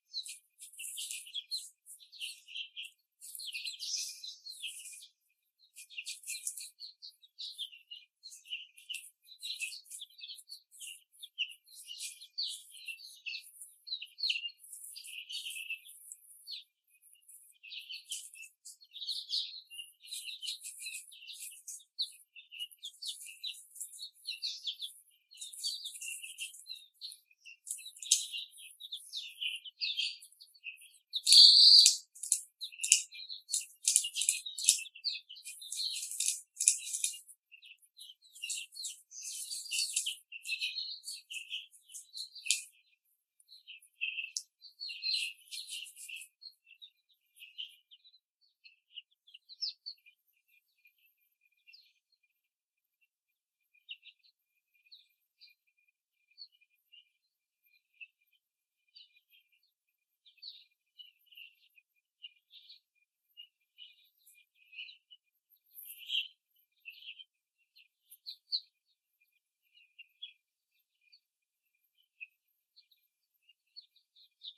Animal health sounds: young laying hens in a cage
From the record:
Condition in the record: after the stressor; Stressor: simulated dog barking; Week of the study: 3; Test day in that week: 1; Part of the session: 2

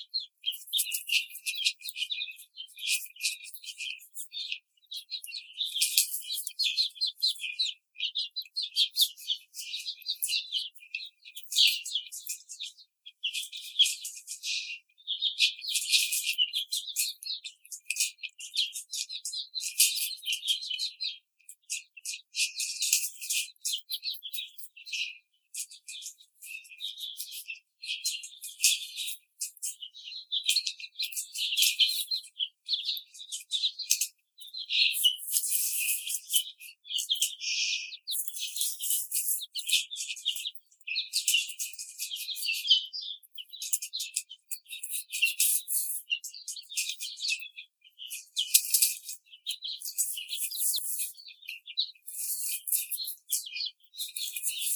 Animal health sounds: young laying hens in a cage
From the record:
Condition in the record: treatment cage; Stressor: simulated dog barking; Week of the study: 5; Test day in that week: 1

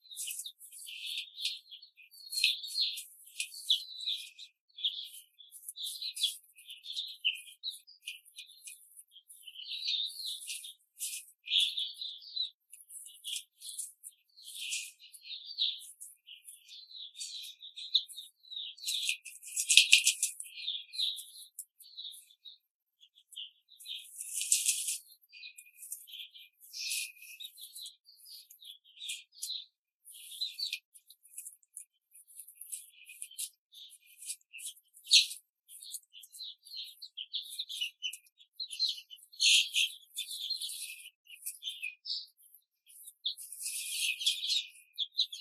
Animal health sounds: young laying hens in a cage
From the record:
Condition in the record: control cage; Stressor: none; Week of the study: 5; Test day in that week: 1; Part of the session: 2

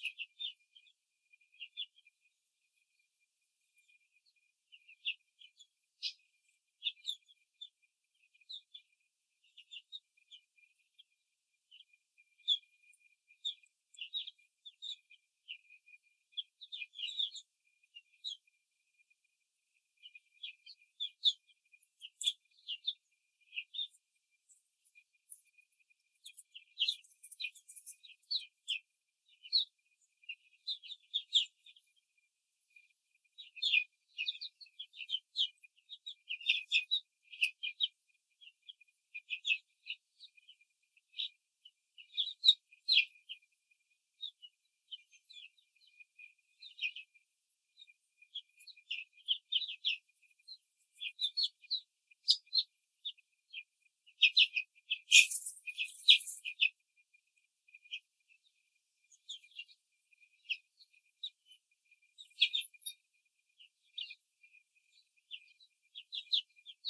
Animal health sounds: young laying hens in a cage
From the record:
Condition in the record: control cage, before the stress test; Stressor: none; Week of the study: 4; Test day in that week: 3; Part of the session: 4

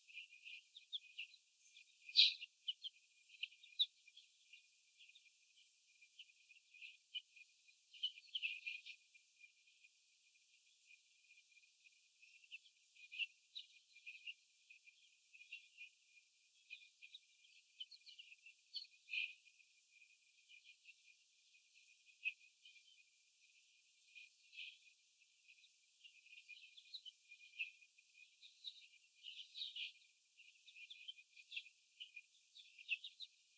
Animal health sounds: young laying hens in a cage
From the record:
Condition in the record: after the stressor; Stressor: sudden umbrella opening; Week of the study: 3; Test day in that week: 2

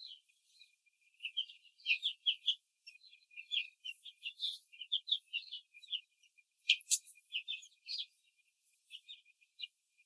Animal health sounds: young laying hens in a cage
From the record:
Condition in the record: control cage, after the stress test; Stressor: none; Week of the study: 4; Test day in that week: 1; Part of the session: 4

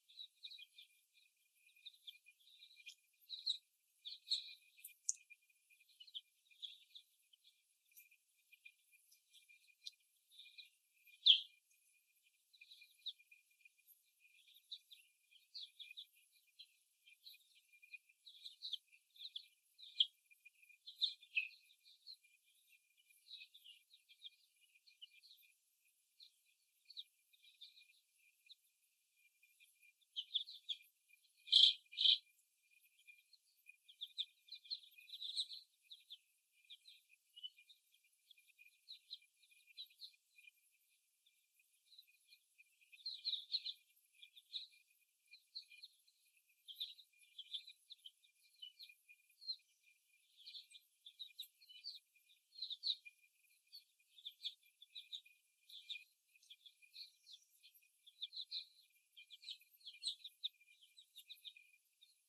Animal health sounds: young laying hens in a cage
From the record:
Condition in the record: before the stressor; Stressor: simulated dog barking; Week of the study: 1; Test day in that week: 1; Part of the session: 1

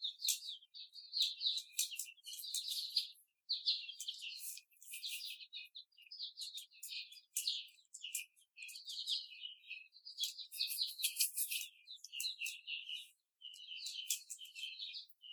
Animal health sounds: young laying hens in a cage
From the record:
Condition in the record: before the stressor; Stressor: simulated dog barking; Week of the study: 4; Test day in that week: 2

